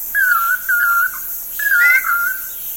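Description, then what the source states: Lance-tailed Manakin giving two clear, whistled calls with wavering pitch, each about a second long, separated by a short pause. Male birds pairing up as alpha and beta to perform choreographed cooperative courtship displays for females, practising beforehand; the two are not closely related.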